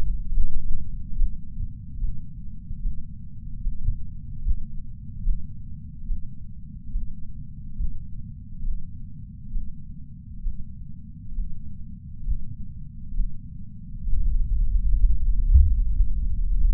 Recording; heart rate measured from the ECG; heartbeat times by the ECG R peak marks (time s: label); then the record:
heart sounds by patch sensor on the chest; 69 bpm
0.34 s: heartbeat
1.18 s: heartbeat
2.01 s: heartbeat
2.83 s: heartbeat
3.64 s: heartbeat
4.44 s: heartbeat
5.25 s: heartbeat
6.08 s: heartbeat
6.93 s: heartbeat
7.78 s: heartbeat
8.64 s: heartbeat
9.53 s: heartbeat
10.44 s: heartbeat
11.36 s: heartbeat
12.25 s: heartbeat
13.16 s: heartbeat
14.10 s: heartbeat
15.03 s: heartbeat
15.94 s: heartbeat
From the record:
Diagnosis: coronary artery disease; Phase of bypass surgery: preoperative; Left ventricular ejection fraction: 61.9%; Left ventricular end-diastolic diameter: 48 mm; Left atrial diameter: 36 mm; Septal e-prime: 9.5 cm/s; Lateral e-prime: 18.5 cm/s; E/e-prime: 6.6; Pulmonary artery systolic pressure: 30 mmHg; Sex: male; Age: 59 years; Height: 175 cm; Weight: 76 kg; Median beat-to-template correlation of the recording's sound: 0.85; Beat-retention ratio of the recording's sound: 0.99